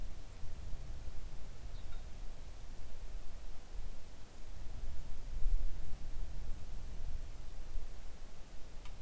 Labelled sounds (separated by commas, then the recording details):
songbird
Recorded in the Arctic National Wildlife Refuge, Alaska, on 3 August 2019 at 05:30
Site 41